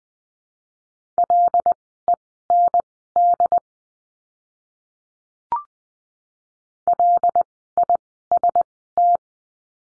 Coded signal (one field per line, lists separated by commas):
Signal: Morse code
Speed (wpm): 20 wpm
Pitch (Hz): 700 Hz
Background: none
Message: LEND LIST